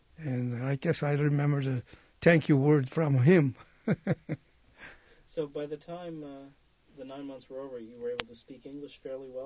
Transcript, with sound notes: and I guess I remember the "thank you" word from him. (he laughs)
So by the time the nine months were over you were able to speak English fairly well?